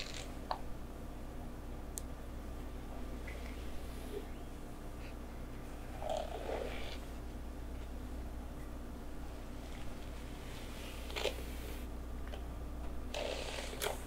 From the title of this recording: rainy day hair play back scratch & massage